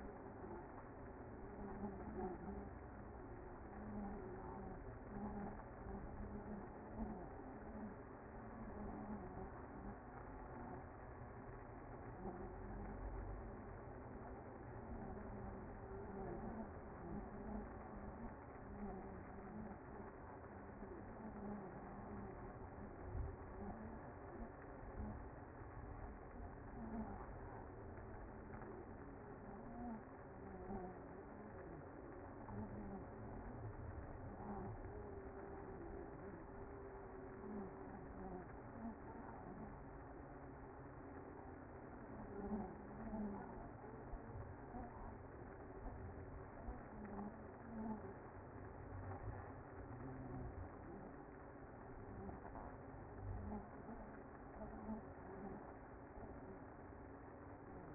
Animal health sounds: honeybee colony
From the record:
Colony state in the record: active

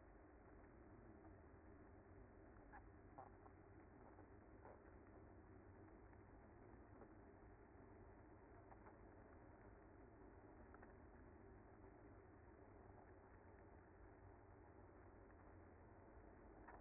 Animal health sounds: honeybee colony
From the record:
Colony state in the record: active

